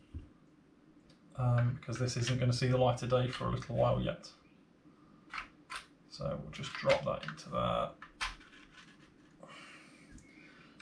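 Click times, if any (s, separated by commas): none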